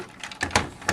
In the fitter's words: everything locks in place, and there you go.